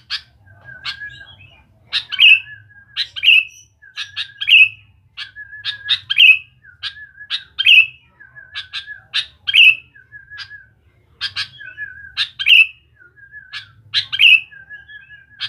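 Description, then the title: Sooty-headed bulbul giving a steady run of bright chirp-and-whistle phrases, each ending in a descending note, separated by low wavering tones. "Kutilang"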